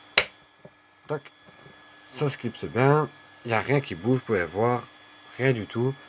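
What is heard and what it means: The battery cover of a Hugo Vapor Boxer 160 W dual-battery vape mod, which takes two 18650 cells and is held by four magnets, is closed. It seats with one sharp snap at 0.2 s, followed by a few faint handling taps. Someone then talks, and the cover holds well with nothing moving.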